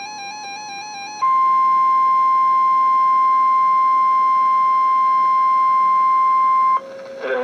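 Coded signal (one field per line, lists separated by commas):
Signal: Emergency Alert System (SAME) tones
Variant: 1050 Hz attention tone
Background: music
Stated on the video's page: Severe Thunderstorm Warning broadcast on NOAA weather radio KEC56.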